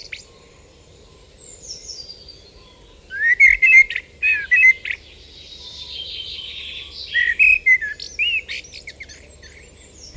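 Common blackbird song: after a quiet start, a run of rich whistled notes with squeaky ends, a second fluting phrase a few seconds later, faint high birds behind.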